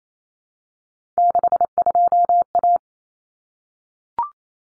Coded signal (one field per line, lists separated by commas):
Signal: Morse code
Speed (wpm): 28 wpm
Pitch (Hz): 700 Hz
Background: none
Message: 62A